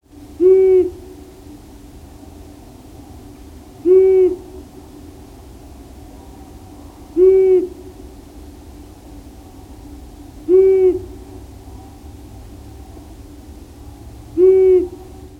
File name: Asio otus